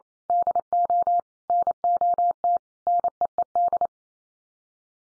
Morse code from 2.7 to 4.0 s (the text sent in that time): NEED